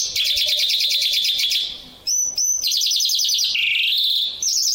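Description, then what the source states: Bimaculated lark song: dense rapid trill, brief pause, then high sharp notes and another buzzy trill sliding into a lower rattling phrase. Russia.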